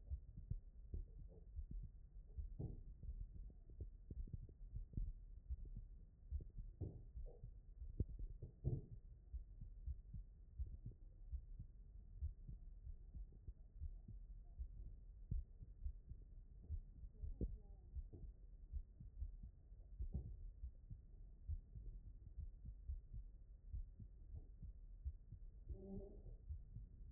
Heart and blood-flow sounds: heart sounds by stethoscope; aortic valve (AV)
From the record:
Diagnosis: non-HFrEF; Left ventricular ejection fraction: 74%

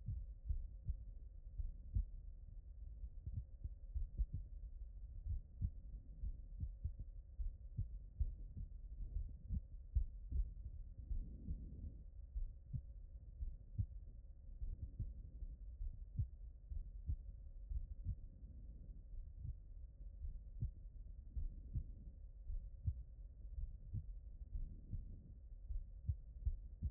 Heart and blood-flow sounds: heart sounds by stethoscope; pulmonary valve (PV)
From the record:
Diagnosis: non-HFrEF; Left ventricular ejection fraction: 46%

